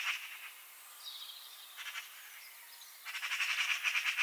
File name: Pica pica